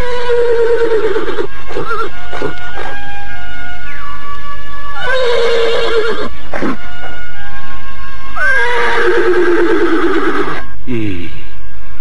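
A restless horse, the loyal Tunggul, neighs several times in the middle of a forest beside its fainted master: loud whinnies with shaky, descending pitch, separated by short pauses, with faint rustling in between.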